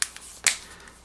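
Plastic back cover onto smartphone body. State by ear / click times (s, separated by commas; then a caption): seated / 0.0 s, 0.5 s. A plastic back cover is pressed onto the body of a Samsung Galaxy S5 smartphone so that its edge clips lock. A sharp click at 0.0 s is followed by a faint tick near 0.2 s and a louder snap at 0.5 s. The cover is confirmed to snap into place.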